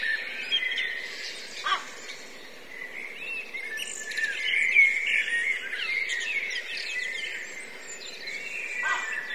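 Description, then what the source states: Blackbirds chattering as a flock, a dense continuous mix of overlapping whistles, squeaks and buzzy notes centred mid-high, with a few louder clicks standing out. Several blackbirds; recorded from a line-in input, with buffer overruns.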